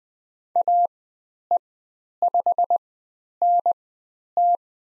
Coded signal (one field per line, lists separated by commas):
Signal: Morse code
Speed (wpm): 20 wpm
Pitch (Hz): 700 Hz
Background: none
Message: AE5NT